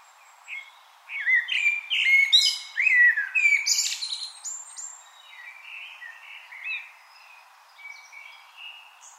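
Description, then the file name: Common blackbird delivering a flowing, fluty warble with sliding whistles and a shrill twittering flourish, then fading softer notes. "Turdus merula"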